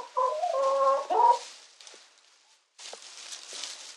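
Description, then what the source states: Chicken giving loud, strained squawks for over a second, then quieter scratchy noise with a short silent gap. Chicken giving distress calls.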